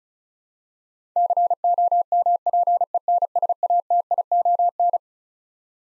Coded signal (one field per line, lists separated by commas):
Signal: Morse code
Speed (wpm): 36 wpm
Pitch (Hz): 700 Hz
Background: none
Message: COMPENSATION